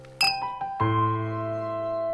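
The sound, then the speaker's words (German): Drinking glasses clink together as a group of companions drink a toast: a few bright strikes in quick succession, the last one ringing out with a sustained, clear, high-pitched tone that slowly fades. “und alle ließen noch einmal die Gläser erklingen, sich der Innigkeit und Gemütlichkeit, die ihren schönen Bund immer fester und fester verknüpfte, recht aus dem tiefsten Herzen heraus erfreuend.”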